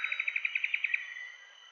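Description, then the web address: Common paradise kingfisher call: a fast series of about ten even, clipped notes lasting about one second, then fading, over a steady high background drone. "ULM-DS-Lab indonesian-bird-sounds. Tanysiptera galatea"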